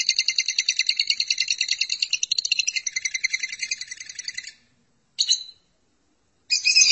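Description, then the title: Lovebird song, a long rapid buzzy trill with stacked harmonics lasting about four and a half seconds, then a short burst and another trill starting after a pause. "BM Suara Burung Lovebird"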